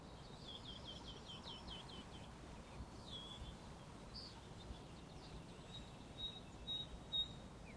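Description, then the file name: Eurasian blackcap song: a quick high warbling run at the start, then sparse notes and a few sharp clicking calls near the end, over constant low background noise. "Sylvia atricapilla"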